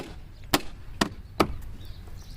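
After the fuse is reinstalled, a plastic fuse box cover is pressed back onto the Tahoe's fuse box, and its clips give three sharp snaps at 0.5 s, 1.0 s and 1.4 s. The cover is seated.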